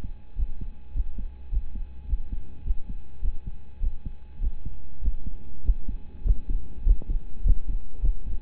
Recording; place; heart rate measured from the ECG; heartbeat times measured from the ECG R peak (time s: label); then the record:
heart sounds by stethoscope; between the tricuspid and mitral areas; 102 bpm
0.35 s: heartbeat
0.93 s: heartbeat
1.49 s: heartbeat
2.06 s: heartbeat
2.63 s: heartbeat
3.21 s: heartbeat
3.80 s: heartbeat
4.39 s: heartbeat
5.01 s: heartbeat
5.62 s: heartbeat
6.23 s: heartbeat
6.83 s: heartbeat
7.42 s: heartbeat
8.01 s: heartbeat
From the record:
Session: rest, lying down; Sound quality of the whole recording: partially saturated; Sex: male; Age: 25 years